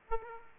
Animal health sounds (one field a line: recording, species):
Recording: mosquito wingbeat signal from an infrared sensor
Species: Aedes aegypti